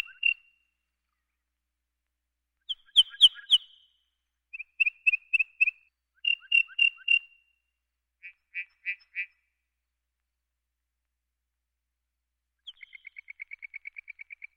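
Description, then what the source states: Lark song: separate phrases of high, clipped, tinkling notes in short groups. The song ends with a rapid, even trill of small chips. The background is silent. Prairie race.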